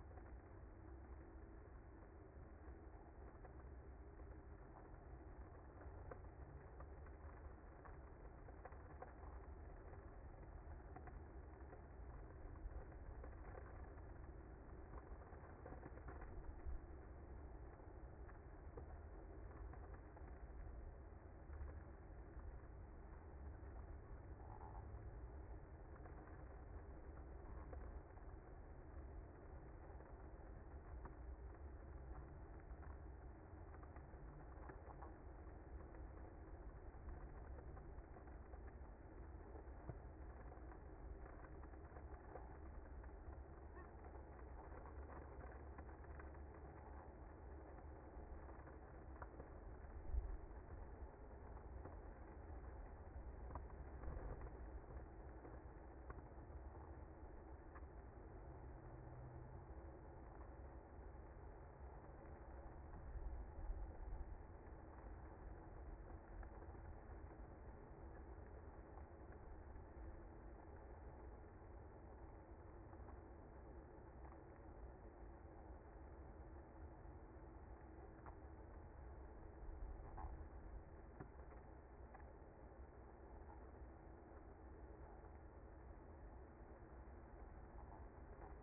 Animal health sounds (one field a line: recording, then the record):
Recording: honeybee colony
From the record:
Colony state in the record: active